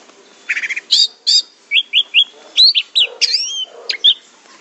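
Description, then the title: Orange-headed thrush song, a quick run of varied phrases: buzzy high notes, short falling whistles and sweeping slurred notes, delivered in bursts with brief pauses. "Anis Merah"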